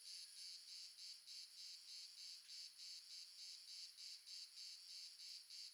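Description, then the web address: Crickets chirping in chorus, high buzzy pulses repeating steadily three to four times a second, with a continuous high trill underneath. Multiple crickets recorded as an ambience in the south of France. "GDC 2017-Game Audio Bundle Red Sonic - Crickets and Frogs amb crickets multiple south france"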